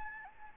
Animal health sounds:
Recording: mosquito wingbeat signal from an infrared sensor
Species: Aedes albopictus

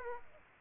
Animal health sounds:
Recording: mosquito wingbeat signal from an infrared sensor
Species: Aedes aegypti

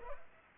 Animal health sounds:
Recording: mosquito wingbeat signal from an infrared sensor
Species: Culex pipiens

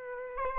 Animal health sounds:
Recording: mosquito wingbeat signal from an infrared sensor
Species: Aedes albopictus

